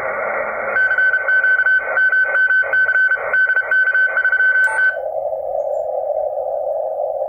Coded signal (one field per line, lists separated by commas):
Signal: Morse code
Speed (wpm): 33 wpm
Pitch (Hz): 1500 Hz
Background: radio noise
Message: CQ MMC DK3T